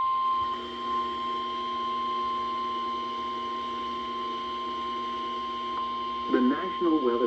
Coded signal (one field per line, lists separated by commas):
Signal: Emergency Alert System (SAME) tones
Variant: 1050 Hz attention tone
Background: speech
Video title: EAS #1010 - #1012 Severe Thunderstorm Warnings